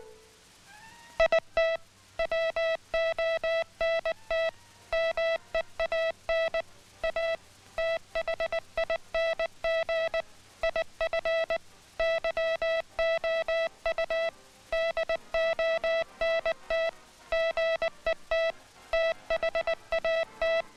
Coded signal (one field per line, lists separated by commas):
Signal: Morse code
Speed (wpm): 20 wpm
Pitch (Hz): 660 Hz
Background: music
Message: IT WONT MEAN A THING IF YOU DONT GET THAT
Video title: International Morse Code, Hand Sending